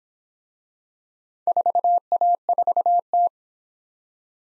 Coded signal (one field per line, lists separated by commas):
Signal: Morse code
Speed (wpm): 24 wpm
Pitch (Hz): 700 Hz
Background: none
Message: 4A4T